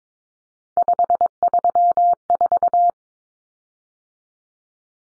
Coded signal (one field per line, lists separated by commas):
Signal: Morse code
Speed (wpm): 22 wpm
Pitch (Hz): 700 Hz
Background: none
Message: 534